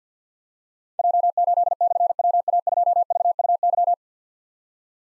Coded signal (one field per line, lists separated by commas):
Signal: Morse code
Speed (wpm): 52 wpm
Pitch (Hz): 700 Hz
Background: none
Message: J8/WA2VUY